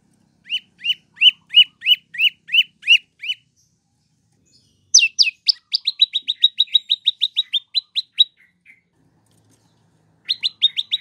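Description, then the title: Prinia song: a run of sharp, evenly repeated chirps, then a faster series of high notes, and another brisk burst at the end. Song used for training captive birds. "Prenjak"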